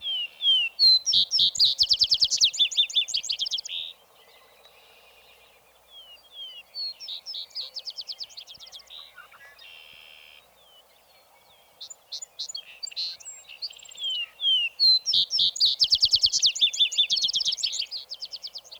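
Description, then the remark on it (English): A vesper sparrow sings at twilight, repeated songs, each opening with slow clear notes and ending in a rapid, high trill, with quieter chirps and warbling between the louder songs. “And then gives over to the vesper sparrow that does his finest singing in the twilight.”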